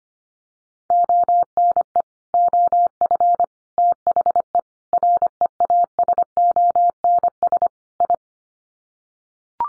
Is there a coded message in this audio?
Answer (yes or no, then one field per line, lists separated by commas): yes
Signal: Morse code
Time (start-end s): 0.9-8.1 s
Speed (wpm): 25 wpm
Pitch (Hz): 700 Hz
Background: none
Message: ONE OF THE REASONS I